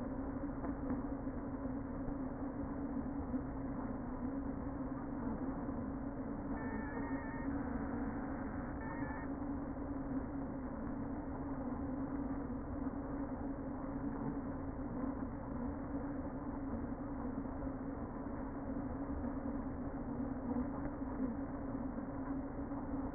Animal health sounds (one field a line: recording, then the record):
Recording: honeybee colony, microphone inside the hive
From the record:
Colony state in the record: queen present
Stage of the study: before two queens were removed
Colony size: about 60,000 bees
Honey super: yes